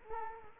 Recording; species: mosquito wingbeat signal from an infrared sensor; Culex quinquefasciatus